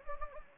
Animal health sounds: mosquito wingbeat signal from an infrared sensor; Anopheles gambiae

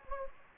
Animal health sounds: mosquito wingbeat signal from an infrared sensor; Anopheles gambiae

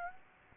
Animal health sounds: mosquito wingbeat signal from an infrared sensor; Aedes aegypti

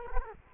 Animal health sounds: mosquito wingbeat signal from an infrared sensor; Culex quinquefasciatus

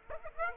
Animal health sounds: mosquito wingbeat signal from an infrared sensor; Aedes aegypti

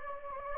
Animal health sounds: mosquito wingbeat signal from an infrared sensor; Anopheles gambiae

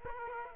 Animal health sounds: mosquito wingbeat signal from an infrared sensor; Aedes aegypti

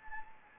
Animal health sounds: mosquito wingbeat signal from an infrared sensor; Anopheles gambiae

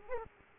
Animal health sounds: mosquito wingbeat signal from an infrared sensor; Culex quinquefasciatus

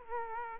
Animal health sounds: mosquito wingbeat signal from an infrared sensor; Aedes aegypti

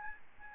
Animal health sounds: mosquito wingbeat signal from an infrared sensor; Aedes albopictus

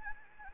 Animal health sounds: mosquito wingbeat signal from an infrared sensor; Anopheles gambiae

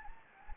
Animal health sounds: mosquito wingbeat signal from an infrared sensor; Anopheles gambiae

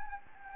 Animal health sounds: mosquito wingbeat signal from an infrared sensor; Anopheles gambiae

